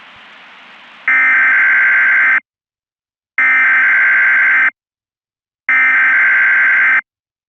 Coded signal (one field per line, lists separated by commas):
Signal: Emergency Alert System (SAME) tones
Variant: header bursts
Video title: EAS Scenario | Disaster Of Unknown Type | TEASER